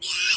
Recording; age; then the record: pig call; piglet (1 to 25 days)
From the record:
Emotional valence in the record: negative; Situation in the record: castration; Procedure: castration, shear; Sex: male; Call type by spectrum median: high-frequency call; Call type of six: high-frequency modulated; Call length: 0.37 s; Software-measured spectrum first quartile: 2668 Hz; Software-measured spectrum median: 3893 Hz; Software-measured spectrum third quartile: 6018 Hz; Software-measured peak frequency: 2531 Hz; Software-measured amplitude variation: 81 dB a second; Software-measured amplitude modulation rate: 20.4 a second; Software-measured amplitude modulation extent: 4.0 dB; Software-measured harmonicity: 3.7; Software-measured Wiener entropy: -2.23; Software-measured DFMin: 1254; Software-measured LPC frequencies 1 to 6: 1491, 2595, 2962, 5131, 8128, 10734 Hz